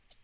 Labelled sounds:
Black-throated Green Warbler (Setophaga virens) flight call

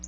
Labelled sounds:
Black-throated Blue Warbler (Setophaga caerulescens) flight call

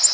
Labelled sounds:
Black-throated Green Warbler (Setophaga virens) flight call

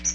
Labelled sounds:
Magnolia Warbler (Setophaga magnolia) flight call

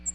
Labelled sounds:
American Redstart (Setophaga ruticilla) flight call

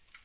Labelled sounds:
Black-throated Green Warbler (Setophaga virens) flight call

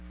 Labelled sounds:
Black-throated Blue Warbler (Setophaga caerulescens) flight call

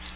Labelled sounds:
Cape May Warbler (Setophaga tigrina) flight call

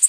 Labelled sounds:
Worm-eating Warbler (Helmitheros vermivorum) flight call

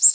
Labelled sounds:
Golden-winged Warbler (Vermivora chrysoptera) flight call

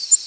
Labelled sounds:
Tennessee Warbler (Leiothlypis peregrina) flight call

